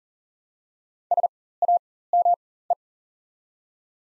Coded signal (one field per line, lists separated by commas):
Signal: Morse code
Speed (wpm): 38 wpm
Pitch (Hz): 700 Hz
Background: none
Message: SAME